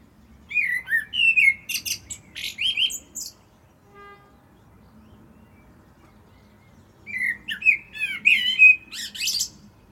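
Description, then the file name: Common blackbird singing two mellow whistled phrases that break into shrill, chattering high notes at the end, with a pause of a few seconds between them. "Turdus merula"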